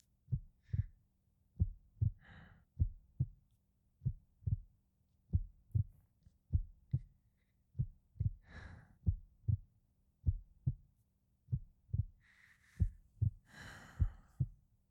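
A slow, steady adult heartbeat of paired low thumps, lub-dub, at about 48 beats a minute, with a regular rhythm. Soft breath noises drift in a few times between beats.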